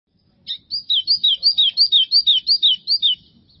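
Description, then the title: White-throated seedeater song, a quick chain of bright high whistled paired notes, delivered briskly for under three seconds against a quiet background. "Canto Do Golinha"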